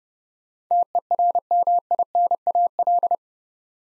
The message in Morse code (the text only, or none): TERMINAL